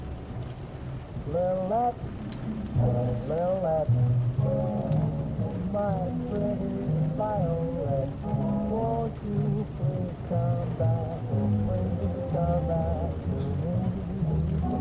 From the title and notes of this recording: Oldies playing in another room. The fire place is active.